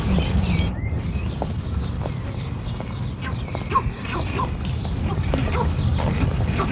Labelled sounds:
Northern Bald Ibis (Geronticus eremita) call

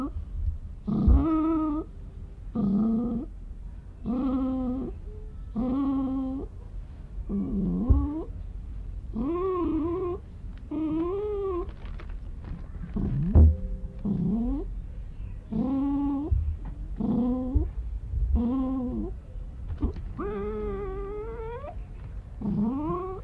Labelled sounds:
Arctic Fox (Vulpes lagopus) growling

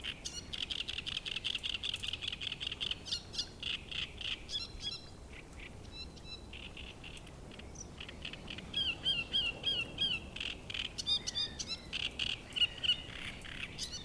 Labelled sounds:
Great Reed Warbler (Acrocephalus arundinaceus)

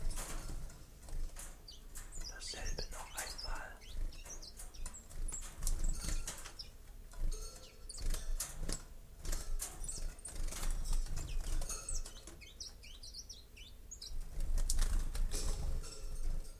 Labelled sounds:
Common Chiffchaff (Phylloscopus collybita) song

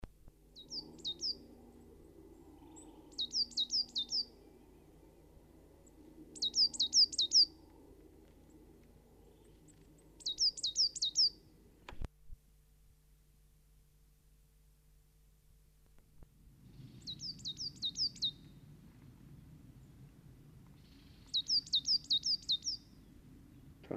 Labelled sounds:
Coal Tit (Periparus ater) song

